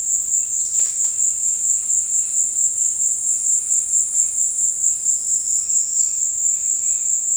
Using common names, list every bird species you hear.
Red-bellied Macaw